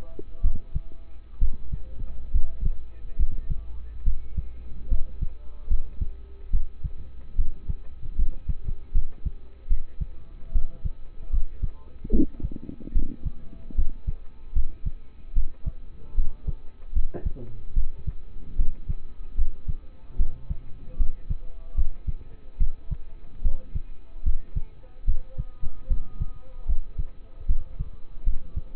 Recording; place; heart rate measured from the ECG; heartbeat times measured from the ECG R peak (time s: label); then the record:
heart sounds by stethoscope; between the tricuspid and mitral areas; 73 bpm
0.42 s: heartbeat
1.39 s: heartbeat
2.32 s: heartbeat
3.17 s: heartbeat
4.04 s: heartbeat
4.89 s: heartbeat
5.68 s: heartbeat
6.51 s: heartbeat
7.36 s: heartbeat
8.16 s: heartbeat
8.92 s: heartbeat
9.68 s: heartbeat
10.52 s: heartbeat
11.30 s: heartbeat
12.11 s: heartbeat
12.93 s: heartbeat
13.75 s: heartbeat
14.53 s: heartbeat
15.34 s: heartbeat
16.15 s: heartbeat
16.93 s: heartbeat
17.74 s: heartbeat
18.56 s: heartbeat
19.35 s: heartbeat
20.17 s: heartbeat
20.97 s: heartbeat
21.75 s: heartbeat
22.58 s: heartbeat
23.42 s: heartbeat
24.23 s: heartbeat
25.05 s: heartbeat
25.88 s: heartbeat
26.66 s: heartbeat
27.47 s: heartbeat
28.24 s: heartbeat
From the record:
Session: rest, lying down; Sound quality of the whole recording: partially saturated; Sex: male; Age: 27 years